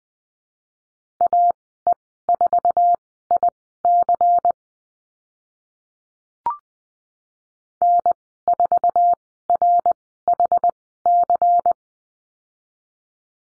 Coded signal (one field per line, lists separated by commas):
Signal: Morse code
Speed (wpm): 20 wpm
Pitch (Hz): 700 Hz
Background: none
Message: AE4IC N4RHC